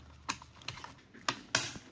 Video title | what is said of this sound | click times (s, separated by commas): Instalação Interfone IPR 1010 Intelbras | OK, tá travado. | 1.5 s